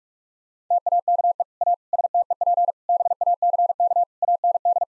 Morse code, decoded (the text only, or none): TAKE A STEP BACK AND